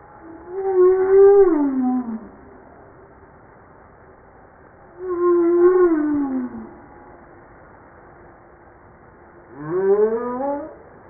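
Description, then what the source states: Humpback whale song repeating a similar wavering moan that falls at the end, about every four to five seconds, the last unit rising instead. Recorded 5 March 1994.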